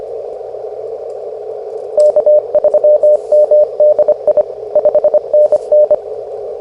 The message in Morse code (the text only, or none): K3MDI 5NN